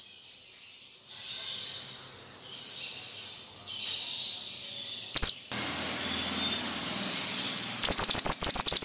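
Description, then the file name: Bird produces soft high whistles, then a sharp chirp burst, a noisy stretch with a faint low hum, and a closing run of rapid shrill chirps. Lure for stressed birds, Indonesian 'suara mantenan' sound. "Pancingan Ampuh Burung Stress Suara Mantenan"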